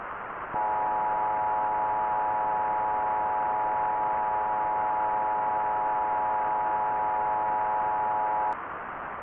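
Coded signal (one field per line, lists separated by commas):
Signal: Emergency Alert System (SAME) tones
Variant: 853 and 960 Hz attention tone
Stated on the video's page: EAS SAME tones in a fictional virus scenario, a simulated alert made with software.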